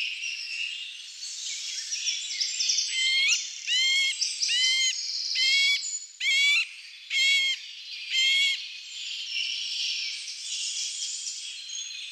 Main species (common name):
Middle Spotted Woodpecker